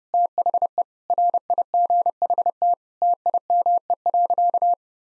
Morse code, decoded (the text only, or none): THE RIGHT TIME.